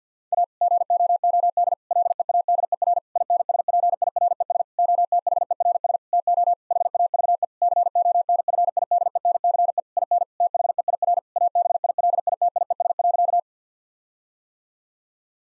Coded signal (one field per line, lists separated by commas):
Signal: Morse code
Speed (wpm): 50 wpm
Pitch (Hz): 700 Hz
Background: none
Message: A GOOD LEADER INSPIRES OTHERS TO HAVE CONFIDENCE IN THEIR ABILITIES.